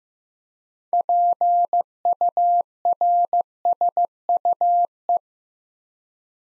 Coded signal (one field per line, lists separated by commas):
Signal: Morse code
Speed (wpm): 15 wpm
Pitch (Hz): 700 Hz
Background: none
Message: PURSUE